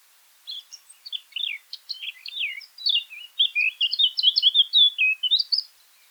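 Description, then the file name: Eurasian blackcap singing a quick, varied warble of twittering notes that grows louder and richer, ending in fluty rising whistles. "Sylvia atricapilla"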